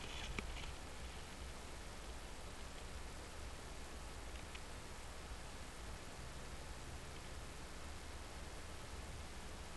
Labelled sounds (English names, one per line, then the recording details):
Western Jackdaw call
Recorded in Germany in the breeding season of 2015
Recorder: a small backpack on a wild male jackdaw